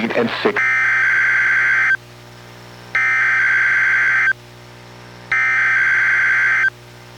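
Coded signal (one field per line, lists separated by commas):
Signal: Emergency Alert System (SAME) tones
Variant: header bursts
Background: speech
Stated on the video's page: Required Weekly Test from NOAA Weather Radio in Astoria, issued by the Portland weather service office, recorded from a Reecom R-1630 weather radio through a Zoom H1.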